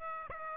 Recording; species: mosquito wingbeat signal from an infrared sensor; Aedes aegypti